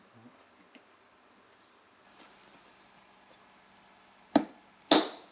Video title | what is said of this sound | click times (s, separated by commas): Yamaha Tenere 700 - 500 ks range - Safari tank fitting | that's it yeah it's perfect going on yeah and yet those big clicks is telling you it's locked | 4.4 s, 4.9 s